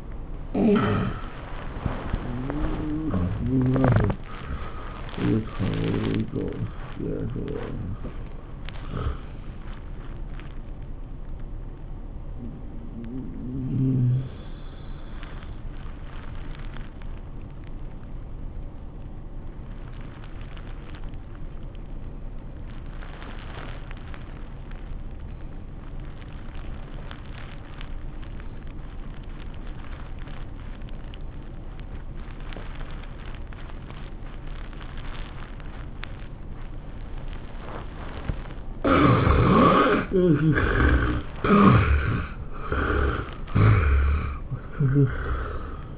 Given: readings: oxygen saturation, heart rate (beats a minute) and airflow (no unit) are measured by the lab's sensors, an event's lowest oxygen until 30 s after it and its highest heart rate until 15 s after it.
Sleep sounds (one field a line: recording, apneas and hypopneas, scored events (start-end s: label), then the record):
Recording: breathing in sleep by a smartphone at the bedside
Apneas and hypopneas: 1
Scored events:
1.00-27.00 s: awake
14.00-39.80 s: hypopnea (scored as awake, oxygen 94% highest, then 75% lowest, heart rate 98 at the start, 102 highest)
22.00-45.98 s: new sleep stage, N1 (lightest sleep)
From the record:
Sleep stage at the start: awake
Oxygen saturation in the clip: 82 to 96%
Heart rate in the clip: 80 to 103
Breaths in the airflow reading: 12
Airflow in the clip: -15.2 to 13.7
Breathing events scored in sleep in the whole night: 403 in 5.5 hours asleep